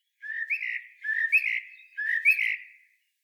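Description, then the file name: Common blackbird singing three short, similar fluty phrases about a second apart, each a low whistle rising into a brighter warble with faint high twitter. "Turdus merula"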